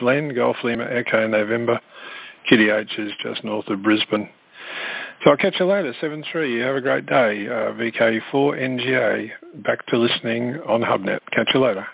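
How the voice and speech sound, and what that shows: One adult man speaking fluently over a narrow, radio-filtered channel, signing off with call signs; ordinary speech.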